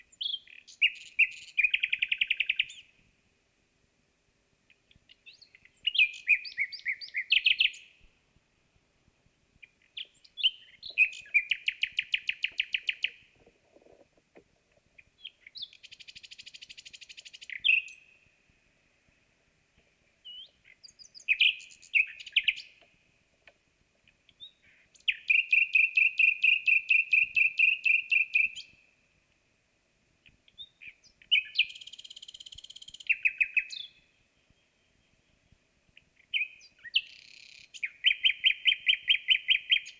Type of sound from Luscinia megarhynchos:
song